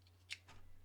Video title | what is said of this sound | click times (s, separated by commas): Life-Sparring Dirty Unboxing - Striv Smart Insoles - Is this Kickstarter project fixing my Running? | Yeah, it should click in | 0.3 s